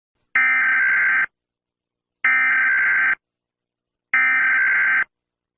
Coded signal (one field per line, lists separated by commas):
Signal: Emergency Alert System (SAME) tones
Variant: header bursts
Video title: EAS Scenario: The Beginning. [READ DESC]